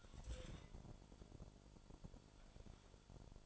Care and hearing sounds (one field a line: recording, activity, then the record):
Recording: daily activity, microphone in the room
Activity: take from stove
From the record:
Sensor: 5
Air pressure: 1008.2 hPa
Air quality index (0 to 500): 122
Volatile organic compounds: 1 ppm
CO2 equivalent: 940 ppm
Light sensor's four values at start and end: 28/63/26/26 and 29/64/26/26